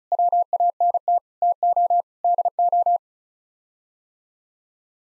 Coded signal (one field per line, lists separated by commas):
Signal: Morse code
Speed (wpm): 34 wpm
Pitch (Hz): 700 Hz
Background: none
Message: WANT TO DO